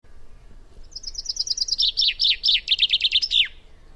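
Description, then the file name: Common chaffinch song: a rapid series of thin high notes, dropping into lower phrases and ending with a downward flourish. "Fringilla coelebs"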